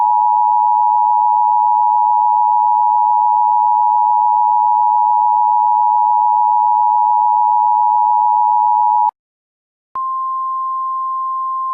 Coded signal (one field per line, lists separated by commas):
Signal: Emergency Alert System (SAME) tones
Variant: 853 and 960 Hz attention tone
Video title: EAS Classic: Hansville Tornado Warning (Version 2)